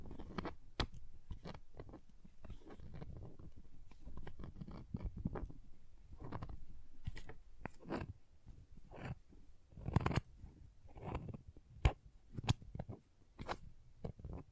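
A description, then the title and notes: Crayons tap and scrape against a surface, with sharp clicks scattered irregularly throughout. Between the taps come low, rough rubbing and carving strokes, denser in the first half and sparser later, with a few louder knocks near ten and twelve seconds. ASMR Sleepy Crayons Tapping, Carving, Cutting, Drawing Sounds (No Talking).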